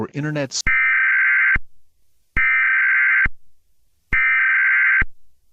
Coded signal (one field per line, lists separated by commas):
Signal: Emergency Alert System (SAME) tones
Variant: header bursts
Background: speech